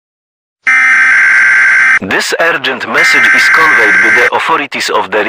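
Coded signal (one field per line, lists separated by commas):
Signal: Emergency Alert System (SAME) tones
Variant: header bursts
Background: speech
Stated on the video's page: Fictional EAS scenario, simulated alert.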